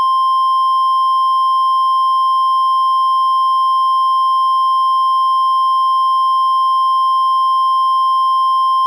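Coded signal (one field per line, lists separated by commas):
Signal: Emergency Alert System (SAME) tones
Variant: 1050 Hz attention tone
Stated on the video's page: Fictional, simulated EAS tornado scenario.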